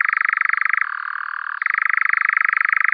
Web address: Caprimulgus europaeus